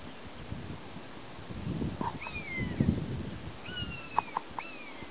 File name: honey buzzard calls 7 th June 2003 Northumberland